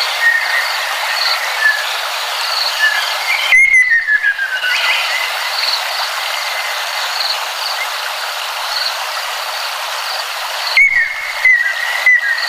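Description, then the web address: Ruddy kingfisher song, loud falling trilled phrases near the start and again near the end, over a constant high insect drone and steady background hiss. Ryukyu subspecies of ruddy kingfisher. "sikioto birds ryukyuakasyobin"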